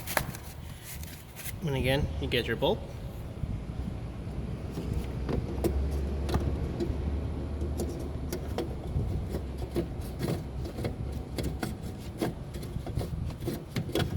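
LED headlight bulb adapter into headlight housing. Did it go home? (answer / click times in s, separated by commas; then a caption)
no / none. An LED low-beam headlight bulb in its adapter is handled at the tight headlight housing of a 2015 Volkswagen Golf, with small knocks and scrapes of the parts while someone talks. The bulb has not yet been twisted home, and nothing has seated or clicked yet.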